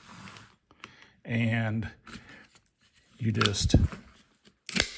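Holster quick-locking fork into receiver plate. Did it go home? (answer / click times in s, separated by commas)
yes / 4.7 s, 4.8 s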